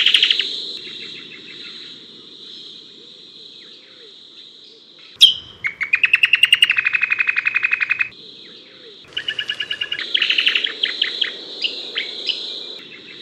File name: lichmera incana